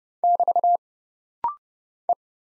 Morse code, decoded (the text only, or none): <BT> E